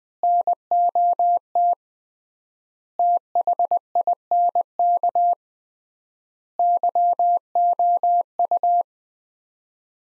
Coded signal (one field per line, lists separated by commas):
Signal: Morse code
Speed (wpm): 20 wpm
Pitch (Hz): 700 Hz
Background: none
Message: NOT THINK YOU